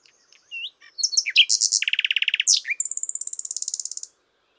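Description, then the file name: Common nightingale song: varied chirps, then a fast lower buzzing trill followed by a long high, rapidly repeated trill. "Luscinia megarhynchos"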